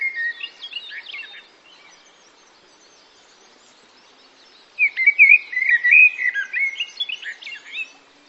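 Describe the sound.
Bird chirping in two bright, twittering bursts of quick notes, the first fading after a second and a half, the second longer and louder after a quiet pause.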